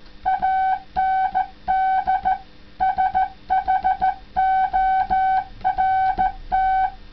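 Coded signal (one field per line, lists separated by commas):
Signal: Morse code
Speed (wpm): 14 wpm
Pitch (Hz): 760 Hz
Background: none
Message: AND SHORT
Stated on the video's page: Morse sent on a banana used as a CW key.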